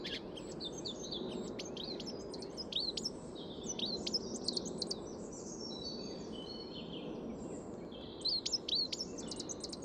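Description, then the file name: Eurasian blackcap with bursts of bright warbling and sharp high notes, pausing midway then resuming, above a constant low rumble. "Sylvia atricapilla"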